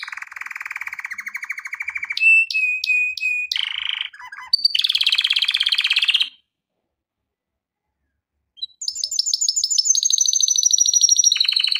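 Canary song: a low rolling trill, sharp repeated whistled notes and rapid phrases, about two seconds of silence, then a high trill continues.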